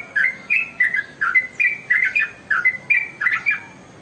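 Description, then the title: Oriental magpie-robin song: a rapid run of clear whistled notes and short chirps around the middle-high range, delivered in quick bursts over a faint background hiss. "Kicau Kacer"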